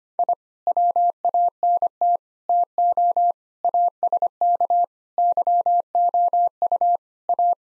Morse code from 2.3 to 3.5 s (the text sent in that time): TO